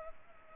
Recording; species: mosquito wingbeat signal from an infrared sensor; Culex pipiens